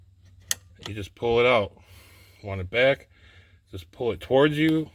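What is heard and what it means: The parking-pawl strap on a Ram TRX pickup truck's transmission is pulled out to release it from park into neutral, with a sharp click at 0.5 s. Someone talks throughout the clip.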